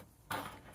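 The leg clip under a folding table in a Vauxhall Vivaro campervan conversion is released so the table can fold away. After a quiet moment, a single sharp click rings out at 0.3 s and fades quickly, leaving the table clip released and free to fold.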